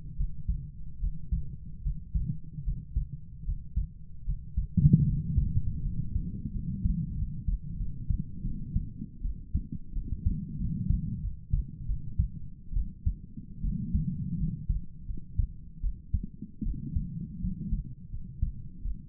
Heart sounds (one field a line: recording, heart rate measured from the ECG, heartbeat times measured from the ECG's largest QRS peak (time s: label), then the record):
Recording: heart sounds by stethoscope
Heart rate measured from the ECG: 80 bpm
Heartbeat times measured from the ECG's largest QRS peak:
0.16 s: heartbeat
1.00 s: heartbeat
1.83 s: heartbeat
2.64 s: heartbeat
3.45 s: heartbeat
4.25 s: heartbeat
5.05 s: heartbeat
5.83 s: heartbeat
6.52 s: heartbeat
7.16 s: heartbeat
7.78 s: heartbeat
8.43 s: heartbeat
9.22 s: heartbeat
9.94 s: heartbeat
10.58 s: heartbeat
11.21 s: heartbeat
11.87 s: heartbeat
12.74 s: heartbeat
13.62 s: heartbeat
14.38 s: heartbeat
15.07 s: heartbeat
15.82 s: heartbeat
16.64 s: heartbeat
17.41 s: heartbeat
18.11 s: heartbeat
18.83 s: heartbeat
From the record:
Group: healthy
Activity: breath hold 0-6 s, rest 6-19 s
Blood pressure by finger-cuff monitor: 120/60 mmHg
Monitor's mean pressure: 78 mmHg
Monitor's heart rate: 74 bpm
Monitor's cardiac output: 7 L/min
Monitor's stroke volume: 96 mL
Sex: female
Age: 22 years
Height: 160 cm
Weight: 63 kg